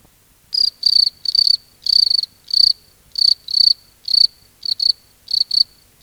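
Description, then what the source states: Cricket song, loud and shrill, with longer buzzy chirps following one another at an uneven pace of roughly a hundred a minute. Crickets at night in a field.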